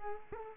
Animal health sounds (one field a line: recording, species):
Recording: mosquito wingbeat signal from an infrared sensor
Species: Culex quinquefasciatus